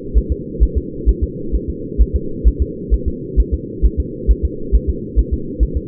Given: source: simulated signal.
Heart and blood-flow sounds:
fetal heart sounds
0.17 s: S1
0.32 s: S2
0.63 s: S1
0.78 s: S2
1.09 s: S1
1.24 s: S2
1.55 s: S1
1.70 s: S2
2.01 s: S1
2.16 s: S2
2.47 s: S1
2.62 s: S2
2.94 s: S1
3.08 s: S2
3.40 s: S1
3.54 s: S2
3.85 s: S1
4.00 s: S2
4.31 s: S1
4.45 s: S2
4.75 s: S1
4.90 s: S2
5.19 s: S1
5.34 s: S2
5.63 s: S1
5.77 s: S2
From the record:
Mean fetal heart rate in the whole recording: 135 bpm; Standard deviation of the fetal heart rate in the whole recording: 3 bpm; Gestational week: 34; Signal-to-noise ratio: -4.3 dB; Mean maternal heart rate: 72 bpm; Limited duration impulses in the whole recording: absent

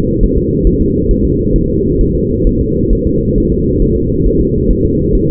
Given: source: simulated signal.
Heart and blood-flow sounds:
fetal heart sounds
0.23 s: S1
0.38 s: S2
0.67 s: S1
0.81 s: S2
1.11 s: S1
1.25 s: S2
1.56 s: S1
1.70 s: S2
2.01 s: S1
2.15 s: S2
2.47 s: S1
2.61 s: S2
2.93 s: S1
3.07 s: S2
3.38 s: S1
3.52 s: S2
3.82 s: S1
3.96 s: S2
4.26 s: S1
4.41 s: S2
4.71 s: S1
4.85 s: S2
5.15 s: S1
5.29 s: S2
From the record:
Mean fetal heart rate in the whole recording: 135 bpm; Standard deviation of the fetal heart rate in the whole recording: 3 bpm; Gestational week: 36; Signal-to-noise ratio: -14.7 dB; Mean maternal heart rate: 72 bpm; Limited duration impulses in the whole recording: present

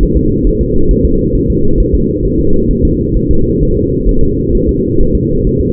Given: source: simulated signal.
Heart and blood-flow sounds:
fetal heart sounds
0.03 s: S1
0.17 s: S2
0.47 s: S1
0.61 s: S2
0.91 s: S1
1.05 s: S2
1.36 s: S1
1.50 s: S2
1.80 s: S1
1.95 s: S2
2.25 s: S1
2.40 s: S2
2.71 s: S1
2.85 s: S2
3.17 s: S1
3.31 s: S2
3.63 s: S1
3.77 s: S2
4.09 s: S1
4.23 s: S2
4.55 s: S1
4.69 s: S2
5.01 s: S1
5.15 s: S2
5.47 s: S1
5.61 s: S2
From the record:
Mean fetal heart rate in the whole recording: 135 bpm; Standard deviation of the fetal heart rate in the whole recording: 3 bpm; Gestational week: 36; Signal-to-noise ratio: -17.7 dB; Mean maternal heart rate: 72 bpm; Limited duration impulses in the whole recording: present

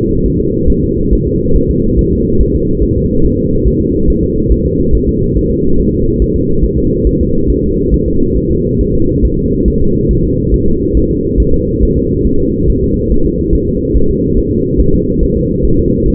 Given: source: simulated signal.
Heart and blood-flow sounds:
fetal heart sounds
0.26 s: S1
0.40 s: S2
0.70 s: S1
0.84 s: S2
1.13 s: S1
1.27 s: S2
1.56 s: S1
1.70 s: S2
1.99 s: S1
2.13 s: S2
2.41 s: S1
2.55 s: S2
2.83 s: S1
2.97 s: S2
3.25 s: S1
3.39 s: S2
3.68 s: S1
3.82 s: S2
4.10 s: S1
4.24 s: S2
4.52 s: S1
4.66 s: S2
4.95 s: S1
5.09 s: S2
5.37 s: S1
5.51 s: S2
5.80 s: S1
5.94 s: S2
6.22 s: S1
6.36 s: S2
6.64 s: S1
6.78 s: S2
7.07 s: S1
7.21 s: S2
7.50 s: S1
7.64 s: S2
7.94 s: S1
8.08 s: S2
8.37 s: S1
8.52 s: S2
8.81 s: S1
8.95 s: S2
9.25 s: S1
9.39 s: S2
9.68 s: S1
9.82 s: S2
10.11 s: S1
10.25 s: S2
10.54 s: S1
10.68 s: S2
10.97 s: S1
11.11 s: S2
11.40 s: S1
11.54 s: S2
11.83 s: S1
11.97 s: S2
12.27 s: S1
12.41 s: S2
12.70 s: S1
12.84 s: S2
13.12 s: S1
13.26 s: S2
13.55 s: S1
13.69 s: S2
13.97 s: S1
14.11 s: S2
14.38 s: S1
14.52 s: S2
14.80 s: S1
14.94 s: S2
15.23 s: S1
15.37 s: S2
15.65 s: S1
15.79 s: S2
16.08 s: S1
From the record:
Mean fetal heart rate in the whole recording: 140 bpm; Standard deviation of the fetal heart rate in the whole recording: 2 bpm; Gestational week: 34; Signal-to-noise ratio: -16.4 dB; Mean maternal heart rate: 72 bpm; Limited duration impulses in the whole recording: present

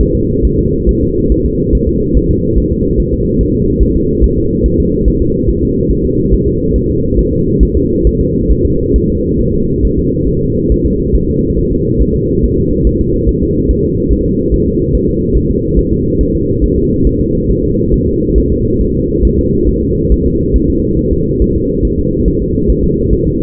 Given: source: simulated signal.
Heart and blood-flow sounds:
fetal heart sounds
0.01 s: S1
0.15 s: S2
0.45 s: S1
0.59 s: S2
0.89 s: S1
1.03 s: S2
1.32 s: S1
1.46 s: S2
1.75 s: S1
1.89 s: S2
2.17 s: S1
2.31 s: S2
2.58 s: S1
2.72 s: S2
3.00 s: S1
3.14 s: S2
3.41 s: S1
3.55 s: S2
3.83 s: S1
3.97 s: S2
4.24 s: S1
4.38 s: S2
4.66 s: S1
4.80 s: S2
5.08 s: S1
5.22 s: S2
5.49 s: S1
5.63 s: S2
5.91 s: S1
6.05 s: S2
6.33 s: S1
6.47 s: S2
6.76 s: S1
6.90 s: S2
7.19 s: S1
7.33 s: S2
7.63 s: S1
7.77 s: S2
8.07 s: S1
8.21 s: S2
8.51 s: S1
8.66 s: S2
8.96 s: S1
9.10 s: S2
9.41 s: S1
9.54 s: S2
9.85 s: S1
9.99 s: S2
10.29 s: S1
10.43 s: S2
10.72 s: S1
10.86 s: S2
11.16 s: S1
11.29 s: S2
11.59 s: S1
11.73 s: S2
12.02 s: S1
12.16 s: S2
12.44 s: S1
12.58 s: S2
12.87 s: S1
13.01 s: S2
13.29 s: S1
13.43 s: S2
13.71 s: S1
13.85 s: S2
14.13 s: S1
14.26 s: S2
14.54 s: S1
14.68 s: S2
14.95 s: S1
15.09 s: S2
15.37 s: S1
15.51 s: S2
15.79 s: S1
15.93 s: S2
16.21 s: S1
16.35 s: S2
16.64 s: S1
16.78 s: S2
17.07 s: S1
17.21 s: S2
17.51 s: S1
17.65 s: S2
17.94 s: S1
18.08 s: S2
18.38 s: S1
18.52 s: S2
18.81 s: S1
18.95 s: S2
19.25 s: S1
19.39 s: S2
19.69 s: S1
19.83 s: S2
20.12 s: S1
20.26 s: S2
20.56 s: S1
20.70 s: S2
20.99 s: S1
21.13 s: S2
21.42 s: S1
21.56 s: S2
21.85 s: S1
21.99 s: S2
22.28 s: S1
22.42 s: S2
22.70 s: S1
22.84 s: S2
23.13 s: S1
23.27 s: S2
From the record:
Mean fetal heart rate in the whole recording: 140 bpm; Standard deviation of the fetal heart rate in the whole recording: 2 bpm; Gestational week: 34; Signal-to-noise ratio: -10.2 dB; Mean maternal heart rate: 72 bpm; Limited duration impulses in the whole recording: present

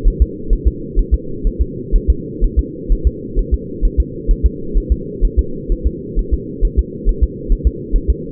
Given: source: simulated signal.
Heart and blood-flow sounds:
fetal heart sounds
0.07 s: S1
0.22 s: S2
0.53 s: S1
0.67 s: S2
0.99 s: S1
1.14 s: S2
1.47 s: S1
1.61 s: S2
1.96 s: S1
2.10 s: S2
2.44 s: S1
2.59 s: S2
2.92 s: S1
3.07 s: S2
3.39 s: S1
3.54 s: S2
3.85 s: S1
4.00 s: S2
4.31 s: S1
4.46 s: S2
4.77 s: S1
4.92 s: S2
5.25 s: S1
5.39 s: S2
5.72 s: S1
5.87 s: S2
6.19 s: S1
6.33 s: S2
6.65 s: S1
6.79 s: S2
7.09 s: S1
7.23 s: S2
7.52 s: S1
7.67 s: S2
7.96 s: S1
8.10 s: S2
From the record:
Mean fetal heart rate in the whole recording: 130 bpm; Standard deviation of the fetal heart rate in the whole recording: 4 bpm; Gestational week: 38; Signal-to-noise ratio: -4.3 dB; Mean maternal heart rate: 72 bpm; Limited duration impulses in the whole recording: present

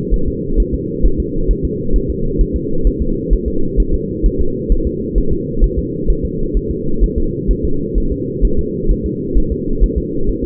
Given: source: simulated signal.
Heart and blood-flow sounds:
fetal heart sounds
0.14 s: S1
0.28 s: S2
0.60 s: S1
0.75 s: S2
1.05 s: S1
1.20 s: S2
1.51 s: S1
1.65 s: S2
1.96 s: S1
2.10 s: S2
2.41 s: S1
2.56 s: S2
2.87 s: S1
3.02 s: S2
3.33 s: S1
3.48 s: S2
3.80 s: S1
3.94 s: S2
4.26 s: S1
4.41 s: S2
4.72 s: S1
4.87 s: S2
5.18 s: S1
5.33 s: S2
5.64 s: S1
5.79 s: S2
6.10 s: S1
6.25 s: S2
6.57 s: S1
6.71 s: S2
7.04 s: S1
7.18 s: S2
7.51 s: S1
7.65 s: S2
7.98 s: S1
8.12 s: S2
8.45 s: S1
8.59 s: S2
8.91 s: S1
9.06 s: S2
9.38 s: S1
9.52 s: S2
9.84 s: S1
9.98 s: S2
10.29 s: S1
10.44 s: S2
From the record:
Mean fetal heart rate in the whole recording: 130 bpm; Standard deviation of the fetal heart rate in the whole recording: 2 bpm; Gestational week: 36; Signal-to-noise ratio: -8.1 dB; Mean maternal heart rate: 72 bpm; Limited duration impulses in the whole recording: absent

